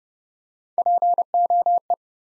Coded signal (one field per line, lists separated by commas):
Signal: Morse code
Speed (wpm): 29 wpm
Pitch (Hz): 700 Hz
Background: none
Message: POE